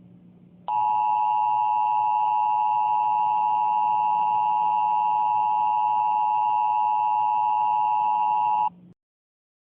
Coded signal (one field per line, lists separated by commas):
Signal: Emergency Alert System (SAME) tones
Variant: 853 and 960 Hz attention tone